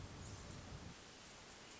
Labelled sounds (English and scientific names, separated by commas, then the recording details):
Hermit Thrush (Catharus guttatus)
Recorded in Sonoma County, California